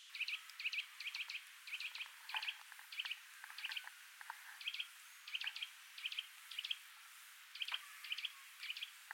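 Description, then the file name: Eurasian nuthatch giving quiet, high, clipped call notes, often doubled, repeated steadily over soft background hiss with a few faint clicks. "Sitta europaea"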